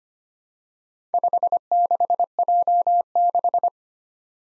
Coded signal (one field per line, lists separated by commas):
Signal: Morse code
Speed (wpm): 25 wpm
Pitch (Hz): 700 Hz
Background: none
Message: 56J6